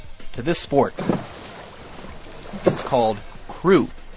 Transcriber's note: sound effect of rowing